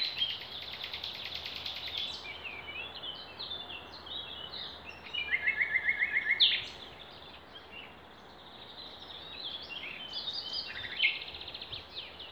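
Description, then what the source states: Songbirds chorus throughout: a rapid high trill at the start, a louder dry rattling series midway, then mixed warbles from many birds. Wild songbirds singing in Demerje forest, 28 April 2020.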